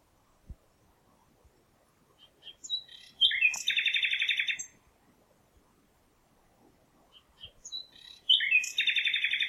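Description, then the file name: Common nightingale song: two phrases, each opening with scattered high chirps, then a loud, rapid, buzzy rattle of repeated notes lasting over a second; quiet between phrases. "Luscinia megarhynchos"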